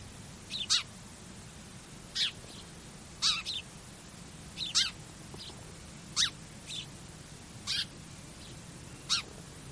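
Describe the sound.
Bird giving rasping, downward-sweeping screech calls at irregular intervals, some doubled, against a steady background hiss.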